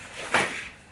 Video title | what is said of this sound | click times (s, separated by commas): CRASHTEST ASPIRATEUR XIAOMI G9 | Celui-là on le clipse aussi également. Bim, la tête elle est pivotante, ça c'est quand même bien. | 0.3 s